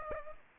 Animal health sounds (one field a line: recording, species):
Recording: mosquito wingbeat signal from an infrared sensor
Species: Aedes aegypti